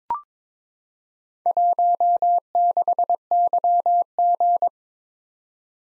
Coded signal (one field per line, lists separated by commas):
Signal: Morse code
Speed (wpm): 22 wpm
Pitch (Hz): 700 Hz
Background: none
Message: 16YG